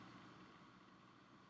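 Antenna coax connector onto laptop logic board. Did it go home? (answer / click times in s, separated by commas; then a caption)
no / none. An antenna coax cable snap connector is pushed onto its pin on the logic board of a 2020 M1 MacBook Air, using the flat end of a plastic spudger during a logic board replacement. Only a steady broadband hiss is heard, with no distinct click. The connector goes on without clicking, so nothing has clicked yet.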